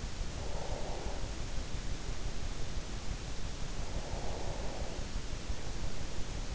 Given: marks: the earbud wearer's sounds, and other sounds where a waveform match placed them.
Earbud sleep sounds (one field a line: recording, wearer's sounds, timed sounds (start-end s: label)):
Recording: sounds in sleep by an in-ear microphone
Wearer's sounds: breath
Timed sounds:
0.10-2.94 s: breath
3.56-6.49 s: breath